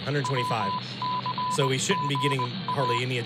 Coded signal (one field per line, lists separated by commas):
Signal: Morse code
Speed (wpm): 20 wpm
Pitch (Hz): 1000 Hz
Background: speech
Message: WCGA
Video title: DX Central Live - S 2, Ep. 19 | Saturday, April 30, 2022 | SEASON FINALE! | WCGA-1100 DX Test